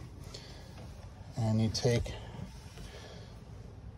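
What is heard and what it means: The latch handle pin for a Bomon sliding side-window latch, as found on Back Cove and Sabre boats, is picked up and turned so its smooth end without the ridge lines up for insertion into the window latch. Someone talks over faint handling noise. Nothing has seated or clicked yet.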